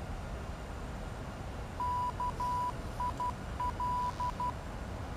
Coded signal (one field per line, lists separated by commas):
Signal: Morse code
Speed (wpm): 12 wpm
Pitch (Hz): 990 Hz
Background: none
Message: KIL